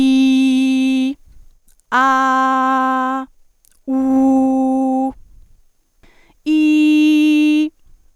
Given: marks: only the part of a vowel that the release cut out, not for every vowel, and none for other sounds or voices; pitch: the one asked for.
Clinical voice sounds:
sustained vowels; female; 20 to 29 years; 0; 0; 0
0.00-0.96 s: vowel /i/, normal pitch
2.09-3.08 s: vowel /a/, normal pitch
4.03-4.99 s: vowel /u/, normal pitch
6.61-7.51 s: vowel /i/, high pitch
From the record:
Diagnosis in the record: healthy voice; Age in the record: 20 years

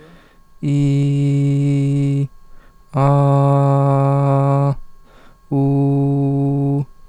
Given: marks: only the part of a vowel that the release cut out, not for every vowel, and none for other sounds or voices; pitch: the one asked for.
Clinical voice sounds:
sustained vowels; male; 20 to 29 years; 0; 0; 0
0.75-2.14 s: vowel /i/, high pitch
3.09-4.62 s: vowel /a/, high pitch
5.56-6.75 s: vowel /u/, high pitch
From the record:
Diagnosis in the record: healthy voice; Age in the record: 25 years

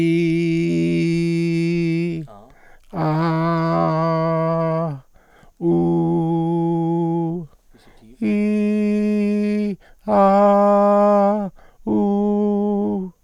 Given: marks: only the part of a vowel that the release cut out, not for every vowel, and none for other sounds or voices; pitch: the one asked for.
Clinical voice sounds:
sustained vowels; male; 60 to 69 years; 1; 0; 0
0.00-1.97 s: vowel /i/, normal pitch
3.05-4.67 s: vowel /a/, normal pitch
5.74-7.26 s: vowel /u/, normal pitch
8.30-9.66 s: vowel /i/, high pitch
10.23-11.17 s: vowel /a/, high pitch
11.93-12.91 s: vowel /u/, high pitch
From the record:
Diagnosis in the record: dysodia (singing voice disorder); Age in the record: 69 years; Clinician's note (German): Zustand nach Struma-OP, dysplastischer Kehlkopf mit Ödemen, keine Rekurrensparese

